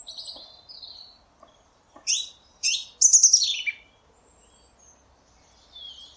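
Song thrush song: scattered high, clear phrases with sharp notes, two similar bursts close together, then a loud rapid, descending trill, separated by quiet gaps.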